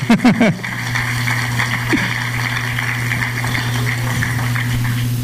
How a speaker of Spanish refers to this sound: ¿Cuántos son salvos aquí entonces? Denle un aplauso, Señor, entonces.